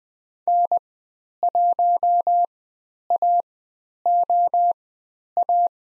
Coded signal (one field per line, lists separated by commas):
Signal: Morse code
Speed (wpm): 20 wpm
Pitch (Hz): 700 Hz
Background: none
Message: N1AOA